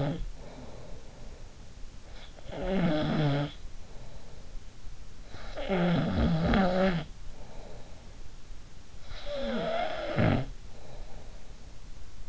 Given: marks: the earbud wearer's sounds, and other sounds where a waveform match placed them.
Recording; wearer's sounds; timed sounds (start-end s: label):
sounds in sleep by an in-ear microphone; snoring breath
0.00-12.29 s: snoring breath